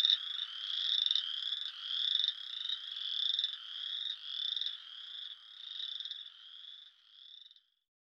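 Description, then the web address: Western chorus frog chorus of short, raspy trills sweeping upward, growing quieter toward the end before silence. Eastern North America. "Dan Gibson Wildlife Identification By Sound, Eastern North America Pt 1. Western Chorus Frog"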